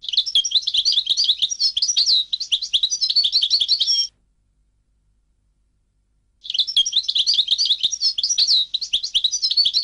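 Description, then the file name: European goldfinch singing long, continuous runs of rapid, liquid twittering and jangling notes, broken by one pause of about two seconds. "audio burung goldfinch"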